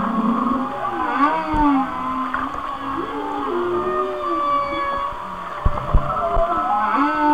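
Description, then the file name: Whale song opening with a buzzy low grunt, followed by wavering tonal moans and high thin whistles, with scattered clicks. "Whale Songs- Mike Mc Donald"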